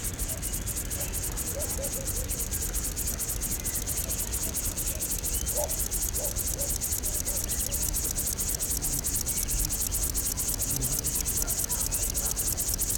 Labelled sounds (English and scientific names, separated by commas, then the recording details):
Upland Field Grasshopper (Chorthippus apricarius) stridulation
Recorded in the wild
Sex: male
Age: imago
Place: Botanische Anlage Blankenfelde, Berlin, DE
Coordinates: 52.603, 13.4
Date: 1993-07-03 11:04
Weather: 20-23°C, sonnig, diesig, böiger Wind
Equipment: Marantz CP 430, Sennheiser ME 80, Kopie Uher Variocord 263
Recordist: Tembrock, Günter
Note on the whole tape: Am N-Weg, Männchen am Weibchen, Weibchen weicht mehrfach aus, Suchlaute und Strophe von Männchen